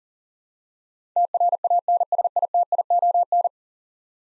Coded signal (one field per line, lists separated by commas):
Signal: Morse code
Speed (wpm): 40 wpm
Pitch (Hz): 700 Hz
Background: none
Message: TRANSITION